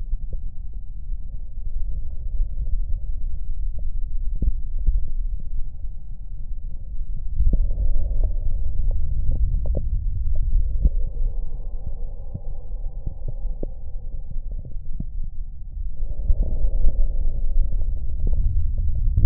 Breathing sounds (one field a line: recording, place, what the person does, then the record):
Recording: lung sounds by stethoscope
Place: left anterior apical chest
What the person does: quiet breathing, then deep breathing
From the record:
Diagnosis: COPD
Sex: male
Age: 60 years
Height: 171 cm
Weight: 59.4 kg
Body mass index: 20.3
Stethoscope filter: extended mode